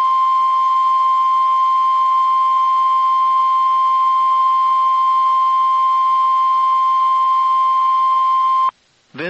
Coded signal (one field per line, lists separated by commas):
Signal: Emergency Alert System (SAME) tones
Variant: 1050 Hz attention tone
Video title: Tornado drills, and sirens that don't go off. (3/7/23 - 3/8/23) (EAS #508 - 521)